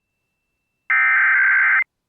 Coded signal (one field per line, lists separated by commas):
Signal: Emergency Alert System (SAME) tones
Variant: header bursts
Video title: EAS- North Carolina RMT (6/9/23)